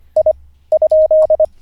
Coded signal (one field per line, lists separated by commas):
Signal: Morse code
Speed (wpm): 25 wpm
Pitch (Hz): 620 Hz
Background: none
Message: I ?